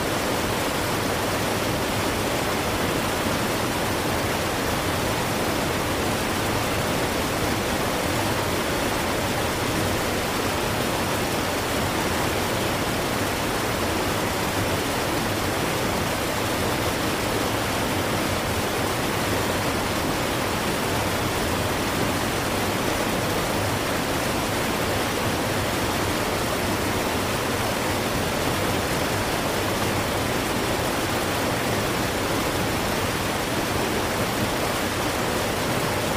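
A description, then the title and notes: A waterfall roars continuously, a dense, even rush of falling water that fills everything from deep rumble to bright hiss. The sound holds steady and close for the whole stretch, with no distinct splashes or other noises breaking through. Waterfall Sound.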